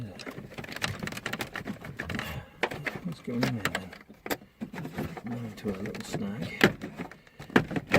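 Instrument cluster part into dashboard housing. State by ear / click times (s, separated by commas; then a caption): seated / 7.6 s. An instrument binnacle (or its plastic connector) is refitted into the dashboard of a Volvo C70 while someone talks, with scattered small plastic knocks and rattles as it catches on a snag. It is pushed and goes home with a sharp plastic snap at 7.6 s, and the part is seated.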